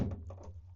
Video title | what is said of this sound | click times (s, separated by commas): Easy Samsung Xpress M2070W Toner Replacement Guide - Quick Printer Tips | And then slightly push until it clicks, | 0.3 s